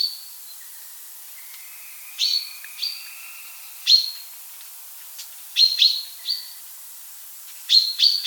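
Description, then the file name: Common chaffinch calling with scattered sharp, high chipping notes, some doubled, coming at irregular intervals over a soft hiss. "buchfinke"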